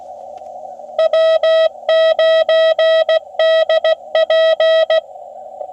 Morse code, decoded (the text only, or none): W9DP